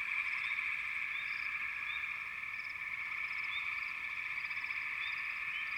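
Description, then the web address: Massed frogs give an unbroken high trill, with a handful of brief rising chirps sprinkled through. Wild frog chorus from American wilderness. "The Natural Sounds of the Wilderness 10 CDs collection Echoes of Nature - American Wilds 04 Frog Chourus"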